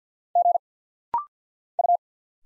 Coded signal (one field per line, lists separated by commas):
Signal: Morse code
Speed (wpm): 51 wpm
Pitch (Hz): 700 Hz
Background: none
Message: G U